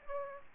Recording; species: mosquito wingbeat signal from an infrared sensor; Aedes aegypti